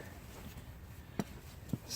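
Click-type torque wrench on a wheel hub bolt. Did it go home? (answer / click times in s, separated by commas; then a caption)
yes / 1.2 s. A steel click-type torque wrench, set at its 150 ft-lb maximum because the spec is 175, tightens a wheel hub bolt on an XJ during a wheel hub replacement. Over a low background, the wrench gives a sharp click at 1.2 s, followed by a second, softer tap near 1.7 s. The wrench has clicked at its setting.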